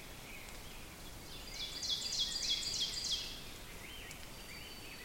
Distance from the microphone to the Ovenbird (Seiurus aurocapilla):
about 65 m